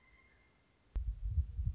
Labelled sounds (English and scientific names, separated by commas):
Pileated Woodpecker (Dryocopus pileatus)